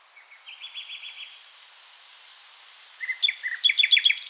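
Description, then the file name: Common nightingale song with a quiet trill, a pause, then a loud quick sequence of sharp varied notes. "Luscinia megarhynchos"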